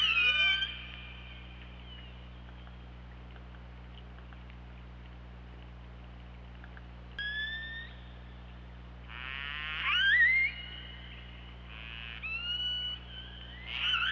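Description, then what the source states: Orca call at the start, then a long quiet stretch of low hum before several more squealing, upswept calls near the end. OrcaLab hydrophone, 24 August 2017, 23:36.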